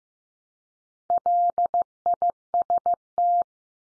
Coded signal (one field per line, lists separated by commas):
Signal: Morse code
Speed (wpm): 15 wpm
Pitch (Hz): 700 Hz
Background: none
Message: LIST